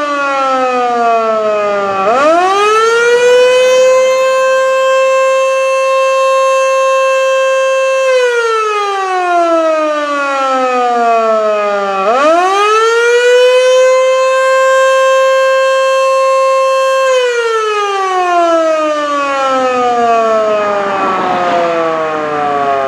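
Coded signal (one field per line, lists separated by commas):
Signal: siren signal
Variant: Federal Signal Model 2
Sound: loud mechanical siren pitch rising, holding several seconds, then sinking, repeated twice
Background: outdoor ambience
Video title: Federal Signal Model 2: Pager/Siren Test, Attack, Gordon Heights, NY 1/26/2019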